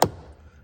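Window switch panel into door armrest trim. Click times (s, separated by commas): 0.0 s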